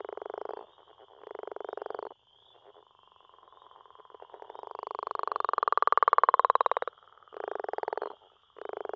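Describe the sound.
Leopard frog calls: several short rasping grunts and one long rattling snore building in volume, with a constant faint high-pitched drone in the background.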